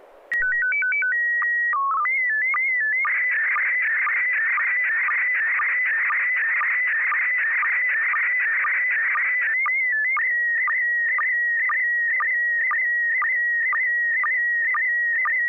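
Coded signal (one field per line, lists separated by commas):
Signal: SSTV (slow-scan television)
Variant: PD 120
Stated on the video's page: SSTV net on an FM repeater on 441.300 MHz in Sacramento, sent with MMSSTV software.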